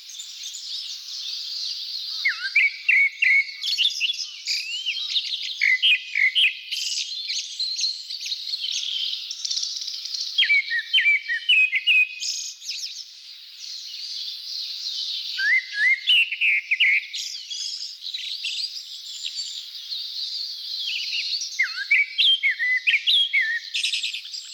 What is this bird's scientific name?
Turdus hortulorum